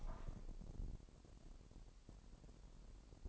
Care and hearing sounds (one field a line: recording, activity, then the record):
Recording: daily activity, microphone in the room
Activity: open window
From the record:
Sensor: 5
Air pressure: 1000.4 hPa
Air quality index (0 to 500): 247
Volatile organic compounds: 34 ppm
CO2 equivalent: 3046 ppm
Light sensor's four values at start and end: 34/78/31/29 and 34/78/31/29